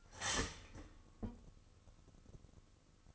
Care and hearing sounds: daily activity, microphone in the room; start toaster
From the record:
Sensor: 4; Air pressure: 1008.1 hPa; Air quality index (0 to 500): 108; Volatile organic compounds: 1 ppm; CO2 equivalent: 795 ppm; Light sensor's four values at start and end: 8/18/7/8 and 9/19/8/8

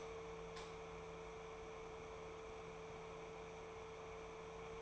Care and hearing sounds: daily activity, microphone in the room; light off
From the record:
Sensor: 1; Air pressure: 1014.6 hPa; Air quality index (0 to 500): 176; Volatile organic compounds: 15 ppm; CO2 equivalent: 2492 ppm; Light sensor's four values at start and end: 18/49/19/21 and 14/35/14/16

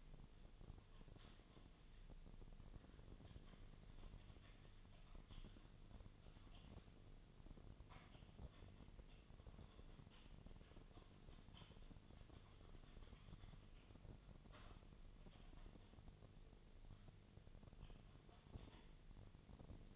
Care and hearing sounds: daily activity, microphone in the room; typing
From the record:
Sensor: 4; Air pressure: 1010.3 hPa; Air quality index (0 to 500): 179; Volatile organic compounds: 5 ppm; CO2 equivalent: 1818 ppm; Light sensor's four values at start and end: 31/94/37/36 and 31/94/36/36

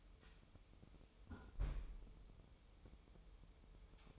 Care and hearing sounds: daily activity, microphone in the room; close fridge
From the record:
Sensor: 1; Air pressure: 988.4 hPa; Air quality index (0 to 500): 200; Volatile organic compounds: 1000 ppm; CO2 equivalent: 5333 ppm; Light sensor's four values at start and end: 27/100/38/39 and 27/100/38/39

